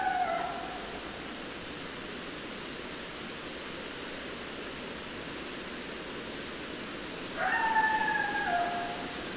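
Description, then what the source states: Coyote howls, the tail of one at the start, then several seconds of steady hiss before a second level, wavering howl begins near the end. More than one coyote, recorded 10 December 2012.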